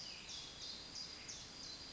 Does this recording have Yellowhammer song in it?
no